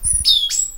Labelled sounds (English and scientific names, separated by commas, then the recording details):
Stitchbird (Notiomystis cincta) song
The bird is a male
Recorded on Tiritiri Matangi Island, New Zealand, in 2005
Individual 12, of nest box 16